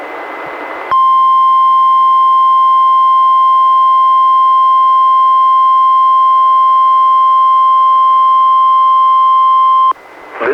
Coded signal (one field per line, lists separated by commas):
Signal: Emergency Alert System (SAME) tones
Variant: 1050 Hz attention tone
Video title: EAS #612: NWR Required Weekly Test- Mar. 23, 2022- 11:01AM PDT